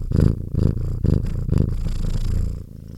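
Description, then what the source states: Domestic cat purring in a low, rumbling rhythm, pulsing about twice a second. Happy cat purring, with a sniff.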